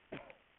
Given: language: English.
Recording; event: throat vibration sensor signal played as sound; cough